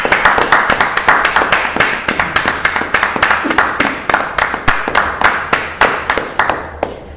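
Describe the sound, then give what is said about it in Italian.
An audience at La Cena dei Reggini applauds in remembrance of a singer, a Calabrian artist and composer, the claps falling into a fast, even, rhythmic beat of sharp bright slaps that holds for several seconds before easing slightly at the end. “l'applauso va a ricordo di …, un grande artista della Calabria che ha cantato delle nostre radici, un importante compositore che è scomparso in questi giorni, e quindi un grande applauso in ricordo di ….”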